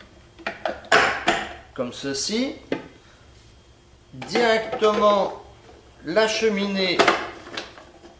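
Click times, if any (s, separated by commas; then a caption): 7.6 s. Someone talks while the feed chute (top housing) of a BEE slow juicer is fitted onto the body over the auger and turned until it locks. A few short knocks come early, and the chute seats with a click at 7.6 s; the click must be heard or the machine won't start.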